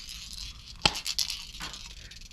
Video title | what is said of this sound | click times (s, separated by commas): Can You (Gloss 2K Clear) Over (FLAT BLACK) Rust-oleum TURBO Spray Paint??? | and just hold it in there like that you hear it pop | 0.9 s